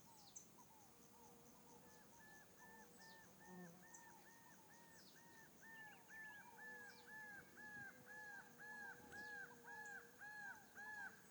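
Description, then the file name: Birds giving quiet, rapid, arched call notes repeated nearly twice a second, with faint higher chirps and a steady low hum in the background. Open field in the afternoon. "Ambiente em descampado a tarde passaros grilos e moscas"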